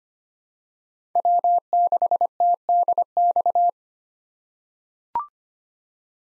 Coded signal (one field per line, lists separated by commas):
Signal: Morse code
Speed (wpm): 25 wpm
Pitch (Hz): 700 Hz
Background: none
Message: W6TDX